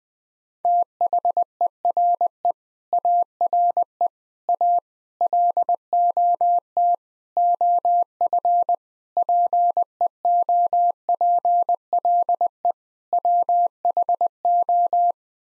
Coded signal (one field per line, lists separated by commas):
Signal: Morse code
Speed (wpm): 20 wpm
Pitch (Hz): 700 Hz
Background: none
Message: THERE ARE A LOT OF PEOPLE WHO